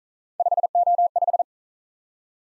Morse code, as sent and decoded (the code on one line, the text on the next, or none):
..... --- .....
5O5